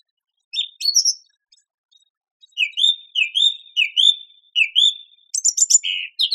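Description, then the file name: Song thrush song: a phrase of slurred whistled notes repeated several times in a row, then harsher chattering notes near the end. "suara kicauan burung song thrush. omkicau"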